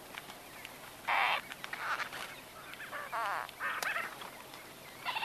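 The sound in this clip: White-fronted bee-eater calls: scattered short, trilled bursts separated by brief gaps, over hissing background noise.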